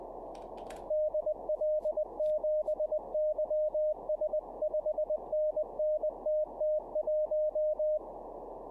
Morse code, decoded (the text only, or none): DL7YS 5NNTT1